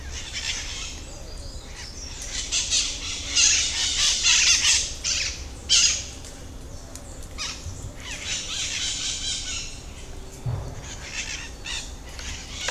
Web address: Museu Escola Ensino Fundamental Animais JD Botanico aves sons JB periquitao maracana